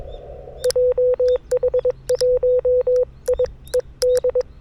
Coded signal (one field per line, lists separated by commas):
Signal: Morse code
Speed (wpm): 22 wpm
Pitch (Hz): 500 Hz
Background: none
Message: JH1IED